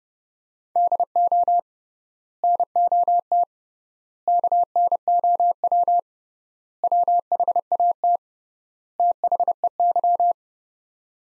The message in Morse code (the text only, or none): DO NOT KNOW WHAT THEY